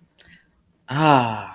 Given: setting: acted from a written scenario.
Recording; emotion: vocal sound without words; serenity